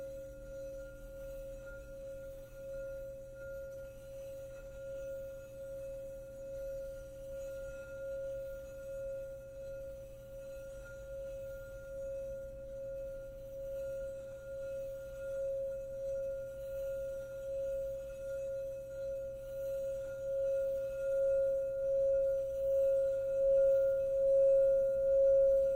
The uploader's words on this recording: I was guided to record 7 crystal singing bowl clips.